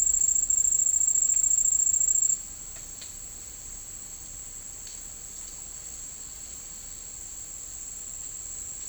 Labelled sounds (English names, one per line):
none